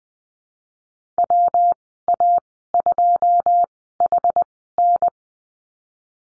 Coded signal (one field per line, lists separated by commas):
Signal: Morse code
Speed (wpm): 20 wpm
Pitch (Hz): 700 Hz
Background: none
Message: W A 2 H N